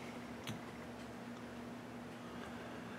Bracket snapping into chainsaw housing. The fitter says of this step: you got to snap that in too there's a bracket that snaps right into um